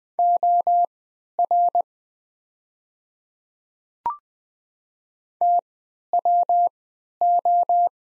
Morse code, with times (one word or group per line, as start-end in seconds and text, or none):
0.2-1.8 OR
5.4-7.9 TWO